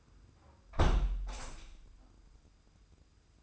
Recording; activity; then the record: daily activity, microphone in the room; close window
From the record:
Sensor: 2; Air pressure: 990.2 hPa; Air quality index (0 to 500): 198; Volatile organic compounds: 1000 ppm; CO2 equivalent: 6307 ppm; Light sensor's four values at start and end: 24/56/23/23 and 24/56/23/23